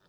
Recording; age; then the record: pig call; piglet (1 to 25 days)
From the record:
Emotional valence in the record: positive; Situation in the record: short reunion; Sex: female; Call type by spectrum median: low-frequency call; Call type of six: low-frequency tonal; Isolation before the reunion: 3 minutes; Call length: 0.08 s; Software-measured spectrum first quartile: 445 Hz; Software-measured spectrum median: 1297 Hz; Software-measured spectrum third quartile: 2933 Hz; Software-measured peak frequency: 160 Hz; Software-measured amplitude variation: 48 dB a second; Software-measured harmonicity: -1.6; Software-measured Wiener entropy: -1.30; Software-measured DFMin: 740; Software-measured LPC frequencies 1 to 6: 1474, 3616, 4480, 5141, 6029, 7774 Hz